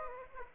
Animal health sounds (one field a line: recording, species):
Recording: mosquito wingbeat signal from an infrared sensor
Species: Aedes aegypti